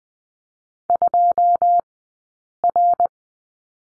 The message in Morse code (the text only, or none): 2R